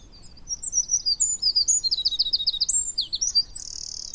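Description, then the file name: Eurasian wren song, a very high, rapid series of trills and clipped notes that ends in a sustained buzzy rattle. "Troglodytes troglodytes"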